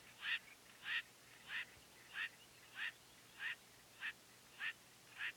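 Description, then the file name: Northern Black Korhaan giving a regular run of grating, croaking notes roughly every half second, nine in all, against steady hiss. "Afrotis afraoides call"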